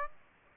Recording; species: mosquito wingbeat signal from an infrared sensor; Aedes aegypti